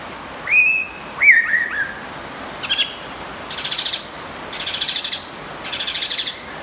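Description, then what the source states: White-rumped shama: two bright, slurred whistles, then a run of short, buzzy rattling bursts repeated about once a second. Champion bird from a songbird singing contest.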